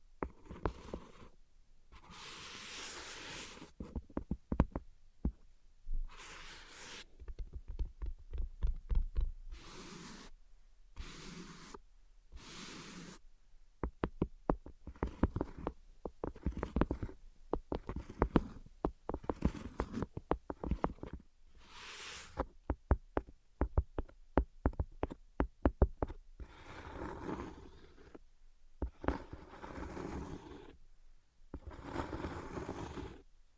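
Invisible tapping and scratching: quick clusters of sharp taps alternate with bursts of hissy scratching that fill the upper range. The taps come in irregular runs, sometimes rapid, with brief silent gaps between passages throughout the clip, and a faint steady tone underneath.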